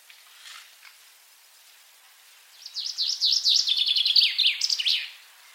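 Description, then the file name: Common chaffinch song, a rapid series of bright chipping notes lasting about two and a half seconds. "Fringilla coelebs"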